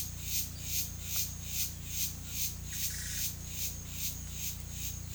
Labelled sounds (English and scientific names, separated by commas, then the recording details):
none
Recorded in pastures near Puerto Asís, Putumayo, Colombia, on 18 December 2024 at 10:00
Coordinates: 0.472, -76.331
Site GP02